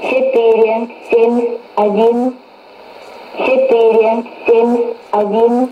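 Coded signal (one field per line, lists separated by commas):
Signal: numbers station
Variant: S06s, Russian female voice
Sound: a woman's voice reading short, evenly spaced Russian number words over shortwave radio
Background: radio static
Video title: 10 05 2017 Numbers station S06s Russian Lady in Russian to Eu 0824 on 9485 unknown tx site in CUSB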